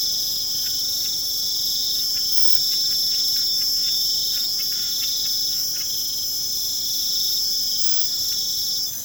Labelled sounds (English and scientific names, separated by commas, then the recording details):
none
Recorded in pastures near Puerto Asís, Putumayo, Colombia, on 25 June 2025 at 21:00
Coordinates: 0.472, -76.331
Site G095